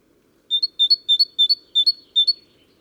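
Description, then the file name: Great tit song, a bright see-saw phrase of two notes repeated six times in quick, even rhythm over a faint low hum. "Parus major"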